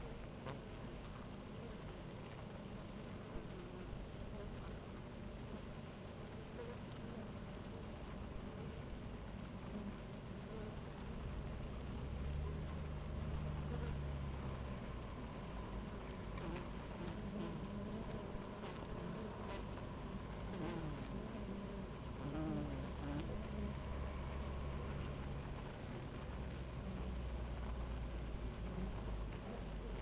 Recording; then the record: honeybee colony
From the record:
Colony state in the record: active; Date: 28 July 2017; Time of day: 11:52